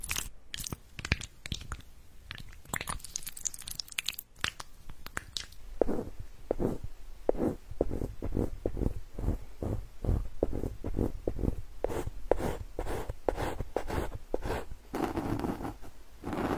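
Tapping and tearing sounds from a massage come in a fast, fairly regular series of sharp, crisp hits, each cracking across low to bright tones. The first six seconds are denser and more irregular. Later the taps settle into an even rhythm, with softer smearing between them.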